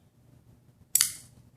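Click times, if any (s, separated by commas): 1.0 s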